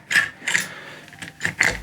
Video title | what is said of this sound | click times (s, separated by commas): CROSMAN A4P CZYSZCZENIE & KONSERWACJA | dźwignia pasuje No nie jest zaskoczyła dokładnie w to samo miejsce Okej | 1.6 s